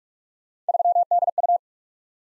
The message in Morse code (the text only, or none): 3DU